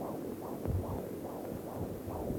Foetal heart beat as heard from region of umbilical cord.